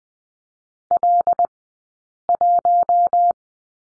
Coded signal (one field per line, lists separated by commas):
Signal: Morse code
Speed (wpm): 20 wpm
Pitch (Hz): 700 Hz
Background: none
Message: L1